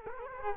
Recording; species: mosquito wingbeat signal from an infrared sensor; Culex quinquefasciatus